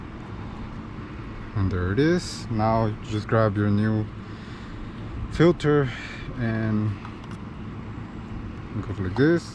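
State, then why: Not seated. On a 2011-2015 Chevrolet Cruze 1.8L during an oil change, a new oil filter cartridge is picked up and lined up with the oil filter housing cap before being pushed home. Someone talks over a steady low background hum, and there are no hits. The filter has not seated or clicked yet.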